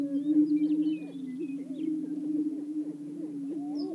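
Greater prairie-chickens boom in a low, steady moaning drone, with many short rising and falling cackles and whoops layered above.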